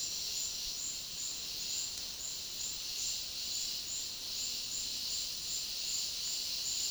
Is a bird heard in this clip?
no